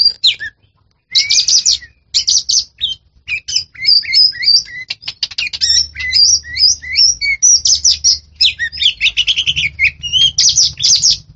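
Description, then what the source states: Oriental magpie-robin in continuous, rich song mixing whistles, buzzy chatter and twittering, delivered rapidly with few pauses. Champion songbird.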